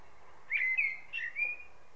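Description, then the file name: Common blackbird giving a short run of clear whistled notes, gliding and wavering up and down, with a soft steady hiss behind. "Turdus merula"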